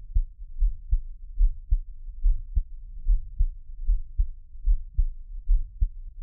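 Steady, regular low thumping heartbeat at about 74 beats a minute, soft and muffled, with no other sound.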